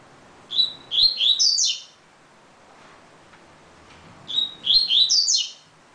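Double-collared seedeater giving two high song phrases, a whistled opening note then a quick run of bright, rising slurred notes, about four seconds apart.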